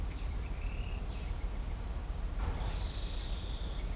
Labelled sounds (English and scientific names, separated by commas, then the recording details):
Pale-eyed Pygmy Tyrant (Atalotriccus pilaris), Ochre-lored Flatbill (Tolmomyias flaviventris), Yellow-chinned Spinetail (Certhiaxis cinnamomeus)
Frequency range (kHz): Pale-eyed Pygmy Tyrant (Atalotriccus pilaris) 2.0-8.9 kHz; Ochre-lored Flatbill (Tolmomyias flaviventris) 4.3-6.9 kHz; Yellow-chinned Spinetail (Certhiaxis cinnamomeus) 2.7-6.4 kHz
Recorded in shrubland near Pivijay, Magdalena, Colombia, on 5 June 2023 at 11:30
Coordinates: 10.453, -74.365
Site P5-G022